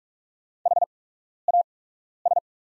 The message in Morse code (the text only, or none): HAS